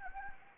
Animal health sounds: mosquito wingbeat signal from an infrared sensor; Anopheles gambiae

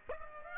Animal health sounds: mosquito wingbeat signal from an infrared sensor; Aedes aegypti

